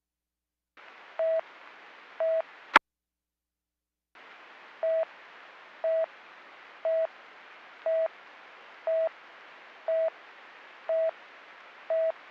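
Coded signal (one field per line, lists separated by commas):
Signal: none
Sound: radio talk-permit beeps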